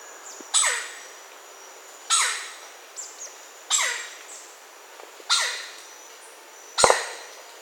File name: red necked woodpecker